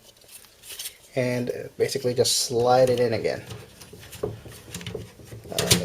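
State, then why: Seated. A hard drive caddy is slid into a computer case's drive bay while someone talks, with light knocks and taps along the way. Two sharp clicks at 5.6 and 5.7 seconds mark the caddy seating home in the bay.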